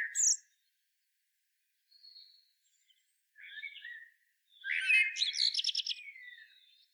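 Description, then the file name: Common blackbird making a brief squeaky note, soft thin twitters, then a louder burst of rapid scratchy, buzzy notes tailing into faint high twittering. "Turdus merula"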